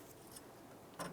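On a 1994–2002 Ram 2500 rear backing plate, the parking brake cable is pulled and slid through the backing plate bracket while the spring is held back, before it is pressed into the bracket. Faint light ticking and rustling sit over a low steady background, with a brief louder broadband scrape near 1.0 seconds. Nothing has seated or clicked yet.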